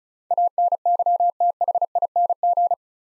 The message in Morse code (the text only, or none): ANYTHING